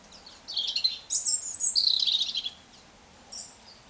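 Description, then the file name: European robin song, a short phrase of high thin warbling notes and trills lasting about two seconds, followed by a brief high note. "Erithacus rubecula"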